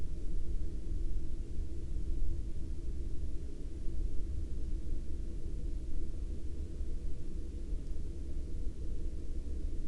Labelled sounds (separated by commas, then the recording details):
aircraft
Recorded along the Dalton Highway, Alaska, on 19 April 2019 at 00:11
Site 07